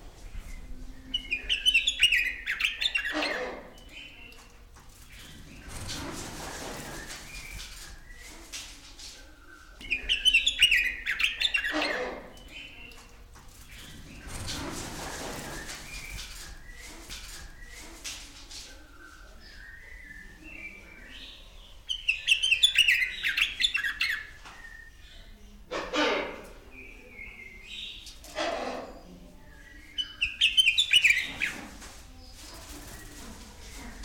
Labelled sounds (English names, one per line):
Black-winged Starling